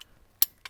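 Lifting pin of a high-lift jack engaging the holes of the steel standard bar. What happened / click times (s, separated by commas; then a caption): A steel pin clicked into its hole / 0.4 s. The steel lifting pin of a high-lift jack drops into the next hole of the steel standard bar as the jack handle is cycled. A sharp metallic click rings out at 0.4 s, with a softer click after it, confirming the pin has seated in the bar hole.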